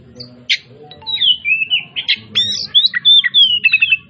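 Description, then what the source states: Oriental magpie-robin song of harsh notes followed by sweet slurred whistles and rapid chirps, over a low background hum. Labelled 'Kacer Tretes'; described as gacor (singing continuously and vigorously).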